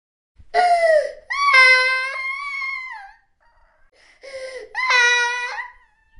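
A baby crying: four high-pitched, tonal wails in two pairs across about six seconds, separated by a breath pause. It is an ordinary infant cry with steady, clear voicing.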